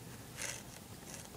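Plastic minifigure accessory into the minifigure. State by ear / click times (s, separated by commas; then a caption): not seated / none. A small plastic accessory from the LEGO Series 11 Welder minifigure set is handled and pressed toward the centre of the minifigure, with a burst of soft plastic rustling around 0.4 s and a faint brief tick near 1.1 s over low background noise. Nothing has seated or clicked into place yet.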